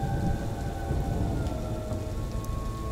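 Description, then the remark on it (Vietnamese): Heavy rain pours down steadily in a dense, loud hiss, with deep thunder rumbling underneath throughout. No voices are heard. “Trời bắt đầu đổ mưa, cơn mưa cực kỳ lớn.”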